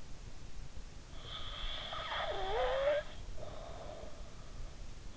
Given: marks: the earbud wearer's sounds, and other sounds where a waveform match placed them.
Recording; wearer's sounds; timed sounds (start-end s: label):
sounds in sleep by an in-ear microphone; snoring breath
1.04-4.58 s: snoring breath